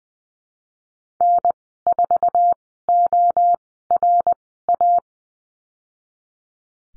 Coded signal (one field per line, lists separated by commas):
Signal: Morse code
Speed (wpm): 20 wpm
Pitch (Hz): 700 Hz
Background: none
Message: N4ORA